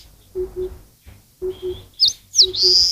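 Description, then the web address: Eastern crowned warbler: a few high slurred notes and a harsh buzzy note at the end, with low paired hoots repeating throughout. "cats sikioto birds sendaimushikui"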